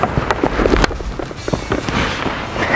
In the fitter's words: and it clicks right in and dude it doesn't move